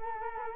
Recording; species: mosquito wingbeat signal from an infrared sensor; Culex quinquefasciatus